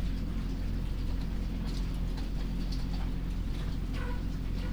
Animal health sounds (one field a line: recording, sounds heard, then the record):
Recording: poultry house recording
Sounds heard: sick chickens (respiratory disease)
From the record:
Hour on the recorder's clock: 22